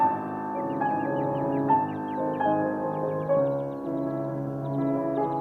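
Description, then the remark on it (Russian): A nightingale living in a lilac bush sings on a quiet starry night in quick repeated chirps and clicks, high and fairly faint, over steady sustained instrumental music by Schubert that fills the whole stretch. “А соловей-то? Соловей? Ишь ты, как щелкает.”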